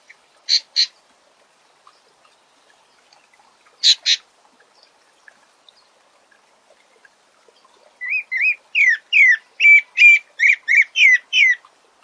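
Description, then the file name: Pale-breasted Thrush song: two pairs of sharp clicky notes early, then a quick series of about a dozen slurred, warbling whistles toward the end. "Canto do Sabia barranco"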